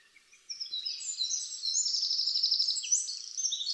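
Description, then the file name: Eurasian wren bursting into a loud, rapid torrent of high twittering notes and trills that continues without a break for over three seconds. "Troglodytes troglodytes"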